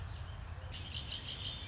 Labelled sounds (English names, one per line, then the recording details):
Red-winged Blackbird
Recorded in Sonoma County, California